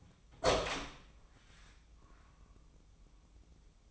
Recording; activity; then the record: daily activity, microphone in the room; open door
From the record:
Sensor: 1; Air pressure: 1004.8 hPa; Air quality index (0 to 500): 75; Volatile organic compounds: 2 ppm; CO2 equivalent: 994 ppm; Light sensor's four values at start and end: 9/23/9/10 and 10/24/9/10